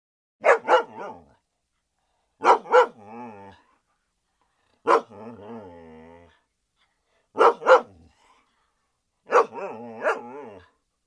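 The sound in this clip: German Shepherd: dog barking about every two and a half seconds, mostly in double barks, some followed by a short, wavering whine.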